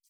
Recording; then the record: hydrophone in a shrimp aquaculture tank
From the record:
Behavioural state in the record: feeding